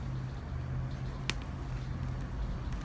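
A plastic crown liner tab on an AGV Sportmodular helmet is pushed out of the helmet shell, giving a single sharp pop at 1.3 s over a steady low hum. The tab is released from the shell.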